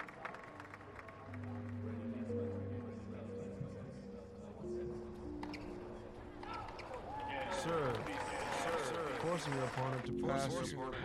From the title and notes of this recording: The ambience of various courts is also present, including Louis Armstrong stadium, the Grandstand, and a variety of outer courts. Sounds of the US Open tennis championships.